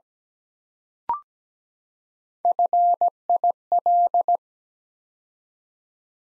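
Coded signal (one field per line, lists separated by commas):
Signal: Morse code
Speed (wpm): 17 wpm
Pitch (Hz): 700 Hz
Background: none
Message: FIL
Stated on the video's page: Morse practice at 17wpm building 6-letter words three letters at a time, for beginners working on instant character recognition.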